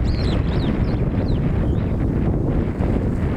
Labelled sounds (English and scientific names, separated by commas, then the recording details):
Superb Starling (Lamprotornis superbus) flight call
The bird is a male
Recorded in Kenya on 18 July 2010
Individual 32, of group DRT2